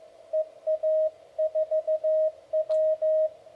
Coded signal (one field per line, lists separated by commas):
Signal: Morse code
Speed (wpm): 15 wpm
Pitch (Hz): 630 Hz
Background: radio noise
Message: EA4W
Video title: RSGB 2024 Convention: QRP - fun or folly?